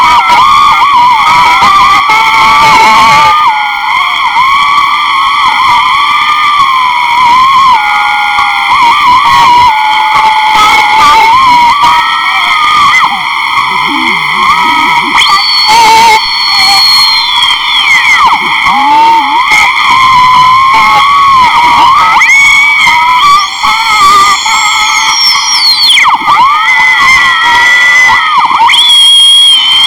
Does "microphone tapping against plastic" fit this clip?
no